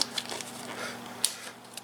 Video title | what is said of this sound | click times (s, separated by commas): CEC Cab Enclosure Upgrade XP 1000 | over here I've already got the bottom one on top one will snap into place pulls it together really nice | 1.2 s